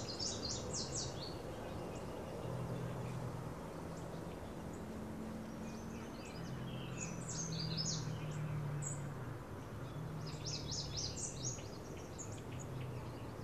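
Birds chirping in brief bursts of quick high notes, separated by quieter gaps, over continuous background noise.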